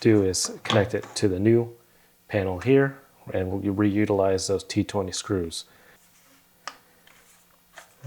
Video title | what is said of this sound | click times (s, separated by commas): Tesla Model 3/Y Rear Multi-Function Control System | we go it just snaps into place | 6.7 s